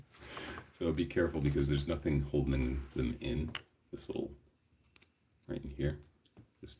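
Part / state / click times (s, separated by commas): plastic wing piece into action figure back socket / not seated / none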